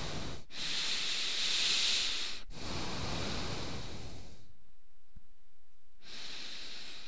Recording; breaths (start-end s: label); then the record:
nose breathing near a microphone
0.00-0.55 s: exhalation
0.55-2.55 s: inhalation
2.55-4.38 s: exhalation
5.96-7.08 s: inhalation
From the record:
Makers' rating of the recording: medium